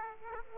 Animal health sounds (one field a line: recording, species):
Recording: mosquito wingbeat signal from an infrared sensor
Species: Aedes aegypti